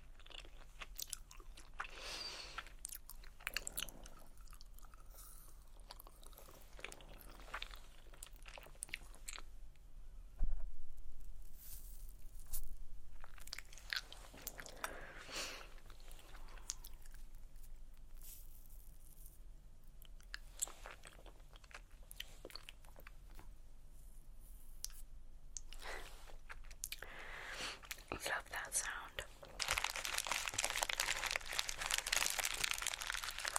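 Candy sounds: wrappers crinkle and rustle in scattered bursts between quieter stretches of small mouth sounds and chewing. A sharp tap lands near ten seconds, and the final few seconds fill with dense, bright crinkling as packaging is rummaged through.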